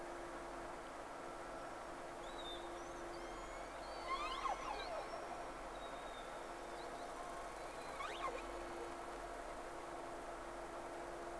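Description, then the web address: Whale whistles: several thin rising and falling tonal sweeps, with steep downward sweeps near four and eight seconds, over steady underwater hiss and a low hum. Hydrophone recording, made 3 October 2006, first recording round. "Sea Snake 10-3-06 Whales X 2"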